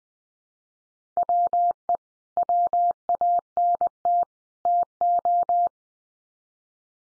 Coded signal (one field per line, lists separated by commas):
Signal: Morse code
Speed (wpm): 20 wpm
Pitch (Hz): 700 Hz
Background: none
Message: WE WANT TO